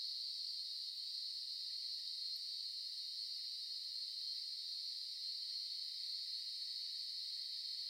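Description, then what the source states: Cicadas sustain a high, even droning chorus that never breaks for the whole stretch. Cicadas in Melbourne.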